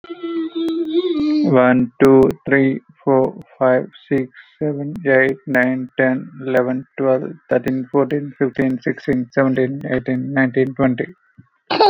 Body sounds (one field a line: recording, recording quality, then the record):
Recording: counting at a normal pace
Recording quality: excellent, no background noise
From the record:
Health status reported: exposed to COVID-19, no respiratory illness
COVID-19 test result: not tested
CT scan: not taken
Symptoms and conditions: none ticked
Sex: male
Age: 32 years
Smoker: no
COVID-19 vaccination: none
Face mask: not worn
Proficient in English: yes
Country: India